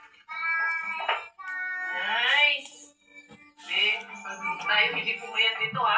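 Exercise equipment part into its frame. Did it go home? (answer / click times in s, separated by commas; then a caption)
no / none. A home mini gym exercise equipment part is handled as it is fitted into its frame while someone talks throughout. There are short bursts of voice and a brief sharp transient near 1.1 s. The part has not seated or clicked yet by the end of the clip.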